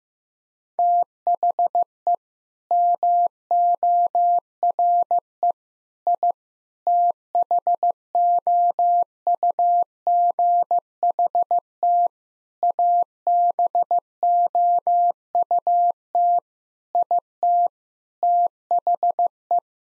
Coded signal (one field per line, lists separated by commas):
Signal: Morse code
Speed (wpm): 16 wpm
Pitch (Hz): 700 Hz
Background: none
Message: THE MORE I THOUGHT ABOUT IT THE